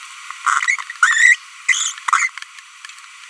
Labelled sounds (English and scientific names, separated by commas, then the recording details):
Green-rumped Parrotlet (Forpus passerinus) babbling
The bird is a female
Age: 25 days
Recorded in a nest box in Venezuela
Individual 17B42B1